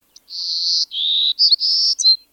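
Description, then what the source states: Golden-cheeked Warbler song, a short sequence of high buzzy notes: a level buzz, a lower buzz, quick notes, another buzz and a short closing phrase, in silence. Texas endemic, nesting only within Texas; critically endangered.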